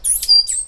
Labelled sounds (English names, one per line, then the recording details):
Stitchbird song
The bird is a male
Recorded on Tiritiri Matangi Island, New Zealand, in 2005
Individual 8, of nest box 10